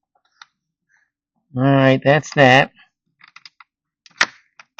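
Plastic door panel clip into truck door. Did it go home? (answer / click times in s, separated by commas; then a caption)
yes / 4.2 s. While refitting a truck's door panel, a plastic trim clip is pushed into its hole in the door and snaps in with a sharp click at 4.2 s. Someone talks before it, and a few light clicks and taps are heard around 3.4–3.6 s and after the snap. The clip is seated.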